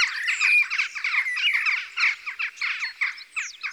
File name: Choucas des tours